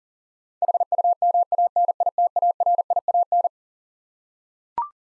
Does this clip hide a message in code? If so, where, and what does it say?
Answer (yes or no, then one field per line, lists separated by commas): yes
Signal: Morse code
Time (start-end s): 0.6-3.5 s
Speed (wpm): 40 wpm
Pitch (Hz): 700 Hz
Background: none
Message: HUMANITARIAN